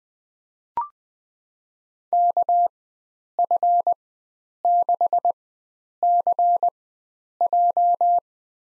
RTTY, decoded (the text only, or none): none